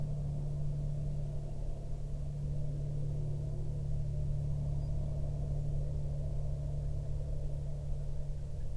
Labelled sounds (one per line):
aircraft